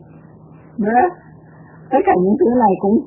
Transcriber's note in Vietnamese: breath